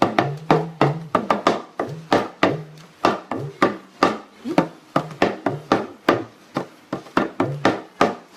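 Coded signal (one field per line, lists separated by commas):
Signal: talking drum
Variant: Yoruba dùndún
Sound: quick sequence of about 25 drum strokes with low pitches rising and falling like speech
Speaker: Tell us what we play on the talking drum today. That is the segment of the táàmù.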